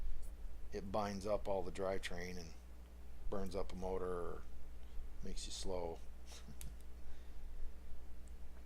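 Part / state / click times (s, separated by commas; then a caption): small drivetrain part into RC buggy gearbox housing / seated / 6.6 s. A small drivetrain part is pressed into the gearbox housing of a PR Racing SB401 LW RC buggy while someone talks. A sharp click at 6.6 s marks the part popping into place, seated in the housing.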